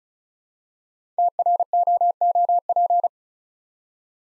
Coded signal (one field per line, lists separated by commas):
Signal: Morse code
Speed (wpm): 36 wpm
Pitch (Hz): 700 Hz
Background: none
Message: TROOP